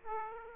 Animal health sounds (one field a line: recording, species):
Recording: mosquito wingbeat signal from an infrared sensor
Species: Aedes aegypti